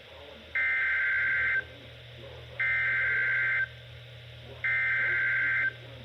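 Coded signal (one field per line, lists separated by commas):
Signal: Emergency Alert System (SAME) tones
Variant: header bursts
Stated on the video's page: NOAA weather radio alert with a double header, received on a WR-300.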